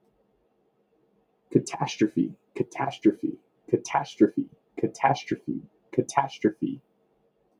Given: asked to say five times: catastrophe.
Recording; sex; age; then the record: repeated word; male; 30 to 39 years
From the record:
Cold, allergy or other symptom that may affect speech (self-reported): no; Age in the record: 34 years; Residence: Arizona, United States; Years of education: 17